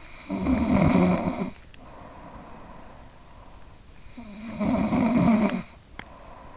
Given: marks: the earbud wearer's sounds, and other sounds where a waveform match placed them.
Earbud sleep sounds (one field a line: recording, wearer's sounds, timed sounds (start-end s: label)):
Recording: sounds in sleep by an in-ear microphone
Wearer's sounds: snoring breath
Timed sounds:
0.00-3.09 s: snoring breath
3.77-6.57 s: snoring breath